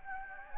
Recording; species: mosquito wingbeat signal from an infrared sensor; Anopheles gambiae